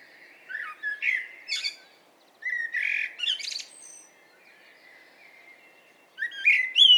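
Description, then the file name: Common blackbird singing, soft warbled notes topped with high squeals and chattering trills, three phrases separated by pauses. "Turdus merula"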